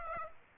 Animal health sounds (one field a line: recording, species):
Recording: mosquito wingbeat signal from an infrared sensor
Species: Aedes aegypti